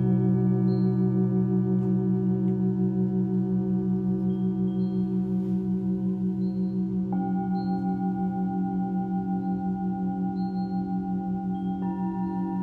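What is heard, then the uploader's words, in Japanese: A Tibetan singing bowl hums steadily with a low, pulsing shimmer, joined by sanukite stones ringing in bright, clear tones around seven and twelve seconds. シンギングボウルのサウンドヒーリング。チベタンシンギングボウルとサヌカイト。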